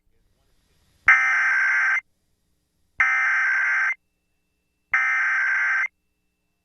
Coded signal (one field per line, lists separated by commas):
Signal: Emergency Alert System (SAME) tones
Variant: header bursts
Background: speech